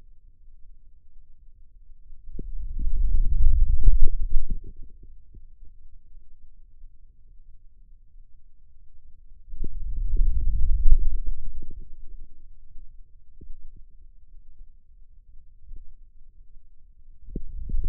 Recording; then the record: forearm muscle sounds (acoustic myography)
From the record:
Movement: wrist extension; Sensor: system 2, bracelet of six BSWA MPA416 microphones around the upper forearm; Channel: 1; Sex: male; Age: 22 years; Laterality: right